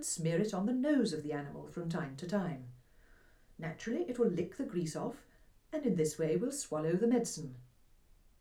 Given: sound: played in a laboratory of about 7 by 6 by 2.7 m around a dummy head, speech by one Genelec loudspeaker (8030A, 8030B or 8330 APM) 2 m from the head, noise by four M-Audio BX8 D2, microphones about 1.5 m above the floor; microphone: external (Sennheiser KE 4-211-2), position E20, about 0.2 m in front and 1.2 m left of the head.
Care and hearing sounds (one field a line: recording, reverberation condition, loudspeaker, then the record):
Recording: female speech in English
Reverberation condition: low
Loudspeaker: 150 degrees to the left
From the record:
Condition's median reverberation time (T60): about 310 ms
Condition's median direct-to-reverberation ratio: about 3.5 dB